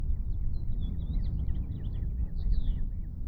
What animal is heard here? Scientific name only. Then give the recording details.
Haemorhous mexicanus. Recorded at Atlantic Beach West on Long Island, New York, on 2 June 1975. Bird B